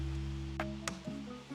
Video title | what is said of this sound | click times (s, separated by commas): This Nissan Navara Hadn’t Been Serviced in Almost 30,000km — Here’s What I Found (Major Service) | You'll hear the click, | 0.6 s, 0.9 s